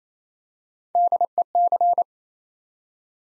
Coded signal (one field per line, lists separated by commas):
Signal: Morse code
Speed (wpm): 27 wpm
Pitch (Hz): 700 Hz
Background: none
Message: DEC